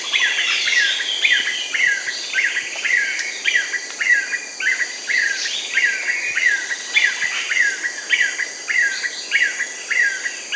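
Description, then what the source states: Yellow-billed nunbird calling: a steady run of short, downslurred whistled notes at a moderate pace, over a constant high shrill of insects. South America.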